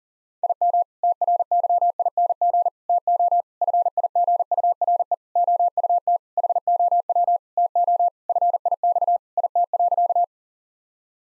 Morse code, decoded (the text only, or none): IM TRYING TO FIGURE OUT HOW TO FIX IT.